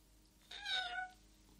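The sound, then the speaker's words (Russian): A small kitten, crawling out from under newspapers on an armchair, gives a single thin, high-pitched meow lasting about half a second, its tone sliding gently downward before fading, with faint background hiss and no voices. “Из-под газет вылезает маленький котенок.”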